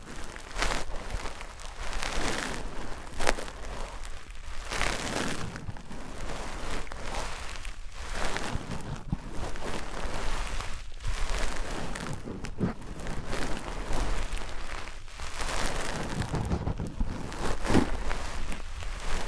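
Materials such as wood, cork, sponge, foam, glass and plastic are handled, making dense, crackling, rain-like rustle that swells and fades roughly every two and a half seconds. A low rumble runs underneath throughout, and the overall loudness stays fairly even.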